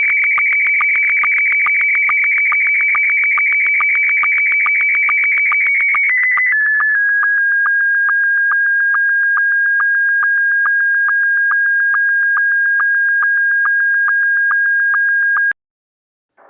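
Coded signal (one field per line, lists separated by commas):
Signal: SSTV (slow-scan television)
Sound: steady high tone dropping in steps, with rapid regular clicks pulsing underneath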